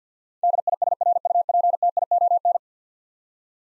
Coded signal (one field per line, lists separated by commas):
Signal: Morse code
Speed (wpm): 50 wpm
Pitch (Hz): 700 Hz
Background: none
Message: DISRUPTION